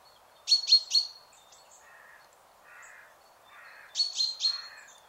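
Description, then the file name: Common chaffinch giving bright, clipped call notes in quick triplets, two bursts a few seconds apart, with softer, lower sounds between them over a faint background hum. "Fringilla coelebs"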